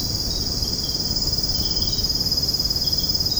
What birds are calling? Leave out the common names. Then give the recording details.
none. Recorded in secondary vegetation near Puerto Asís, Putumayo, Colombia, on 21 February 2024 at 05:30. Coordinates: 0.489, -76.322. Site G6419